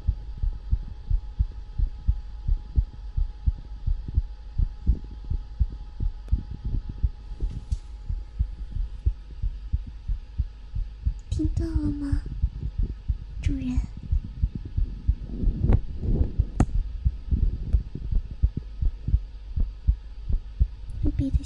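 Soft heartbeat thumps from an adult chest at about 87 per minute, slightly quick, with a few faint chirps midway.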